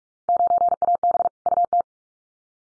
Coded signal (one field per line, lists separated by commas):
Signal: Morse code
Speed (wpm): 44 wpm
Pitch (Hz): 700 Hz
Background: none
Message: 9AB UT